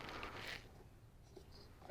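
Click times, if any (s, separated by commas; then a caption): none. A plastic dust cap is being lined up on a new idler pulley of a Toro TimeMaster lawn mower, with scraping and handling noises that are louder in the first half second and again near the end. The cap has not snapped or clicked into place yet.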